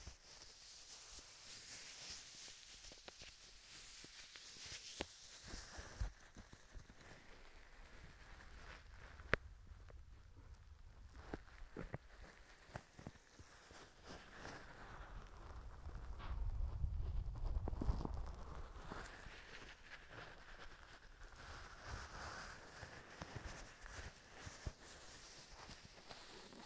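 Gloved hands cup and tap from ear to ear, making soft muffled taps and sharper clicks scattered irregularly through the clip over a steady airy hiss. Around 15 to 19 seconds a deep, hollow rumble swells up and then fades.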